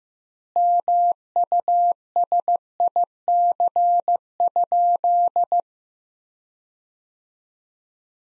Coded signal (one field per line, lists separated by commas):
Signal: Morse code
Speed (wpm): 16 wpm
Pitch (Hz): 700 Hz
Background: none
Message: MUSIC?